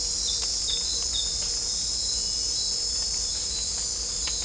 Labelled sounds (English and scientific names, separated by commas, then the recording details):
none
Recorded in dense forest near Puerto Asís, Putumayo, Colombia, on 20 December 2024 at 00:00
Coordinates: 0.499, -76.324
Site G045